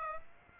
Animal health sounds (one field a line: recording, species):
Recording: mosquito wingbeat signal from an infrared sensor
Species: Aedes aegypti